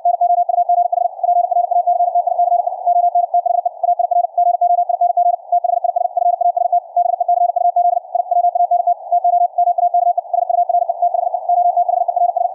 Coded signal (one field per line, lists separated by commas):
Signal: Morse code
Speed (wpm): 64 wpm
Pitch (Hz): 700 Hz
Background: radio noise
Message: NOUGH PRACTICE ON THE AIR GOING THIS FAST BECUZ I WANT TO MAKE SURE THE OTHERS